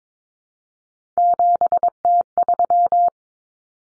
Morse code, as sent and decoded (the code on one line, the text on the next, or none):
--... - ...--
7T3